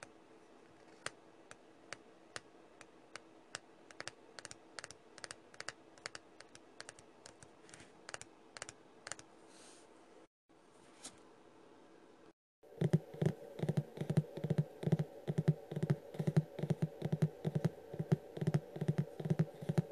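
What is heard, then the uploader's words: Light, sharp taps come at a steady pace over a soft hum, then after a short pause turn louder, fuller and much faster. Tapping ASMR sounds.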